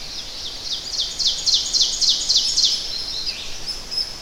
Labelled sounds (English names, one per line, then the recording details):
Ovenbird song
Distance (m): 20 m
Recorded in boreal forest in Alberta, Canada, on 10 June 2016 at 05:57
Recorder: SongMeter 3, array SBT-3-39
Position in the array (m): 208 m, 163 m
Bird 17